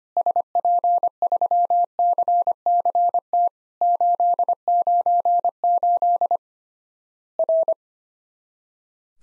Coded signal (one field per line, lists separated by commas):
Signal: Morse code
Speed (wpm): 25 wpm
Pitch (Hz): 700 Hz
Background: none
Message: SP3CCT 898 R